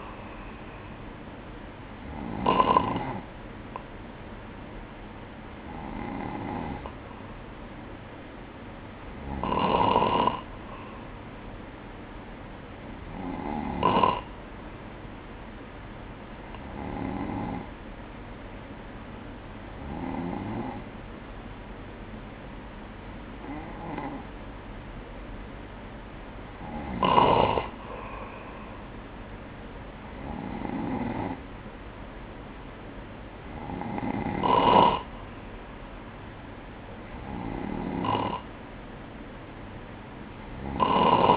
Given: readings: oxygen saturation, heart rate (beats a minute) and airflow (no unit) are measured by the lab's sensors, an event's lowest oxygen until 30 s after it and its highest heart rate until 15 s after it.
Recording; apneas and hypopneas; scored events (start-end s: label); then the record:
breathing in sleep by a voice recorder at the bedside; none
none scored
From the record:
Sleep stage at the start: N2 (light sleep); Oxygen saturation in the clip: 93 to 96%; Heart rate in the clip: 60 to 64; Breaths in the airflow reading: 11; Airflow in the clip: -4.1 to 5.6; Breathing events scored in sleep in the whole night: 180 in 6.7 hours asleep